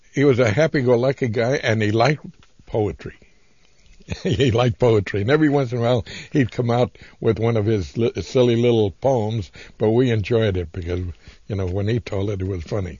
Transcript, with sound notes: he was happy‑go‑lucky guy and he liked poetry. (he laughs) And he liked poetry and every once in a while he'd come out with one of his silly little poems but we enjoyed it because when he told it it was funny.